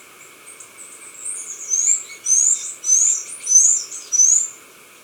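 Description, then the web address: Black-capped hemispingus song, a series of very high, upslurred squeaky notes, with five louder ones following fainter ones. Recorded in Ecuador, South America. "Birds of Ecuador. Black-Capped Hemispingus"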